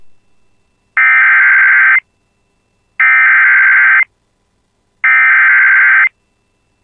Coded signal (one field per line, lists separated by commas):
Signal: Emergency Alert System (SAME) tones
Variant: header bursts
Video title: [EAS] Severe Thunderstorm Warning for Detroit Lakes Area (7/4/26)